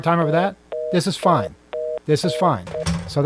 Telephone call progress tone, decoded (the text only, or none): reorder tone